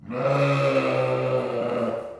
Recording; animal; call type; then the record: contact call of a hoofed animal; sheep; low-frequency (closed-mouth) or high-frequency (open-mouth) call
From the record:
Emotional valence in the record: negative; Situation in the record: short social isolation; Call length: 2.2 s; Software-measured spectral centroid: 1590 Hz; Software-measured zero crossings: 1360 a second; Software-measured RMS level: -24 dBFS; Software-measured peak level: -10 dBFS